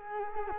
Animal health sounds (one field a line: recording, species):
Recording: mosquito wingbeat signal from an infrared sensor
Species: Culex quinquefasciatus